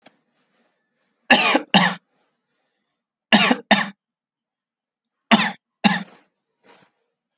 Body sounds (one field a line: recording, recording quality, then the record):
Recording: heavy voluntary cough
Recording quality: excellent, no background noise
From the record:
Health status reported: healthy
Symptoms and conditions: none ticked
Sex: male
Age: 25 years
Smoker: not ticked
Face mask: not worn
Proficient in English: yes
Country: India